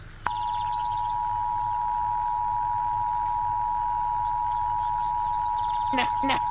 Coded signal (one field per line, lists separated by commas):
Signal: Emergency Alert System (SAME) tones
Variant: 853 and 960 Hz attention tone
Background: speech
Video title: Wario Dies By a EAS Alert While Watching Tom and Jerry and Eating Cheetos Puffs.mp3